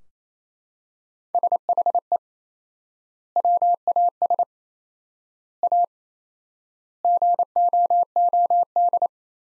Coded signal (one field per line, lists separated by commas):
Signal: Morse code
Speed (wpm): 27 wpm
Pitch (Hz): 700 Hz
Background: none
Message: SHE WAS A GOOD